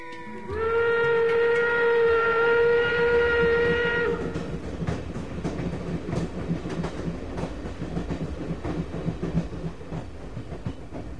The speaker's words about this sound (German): Zugfahrt ans Meer.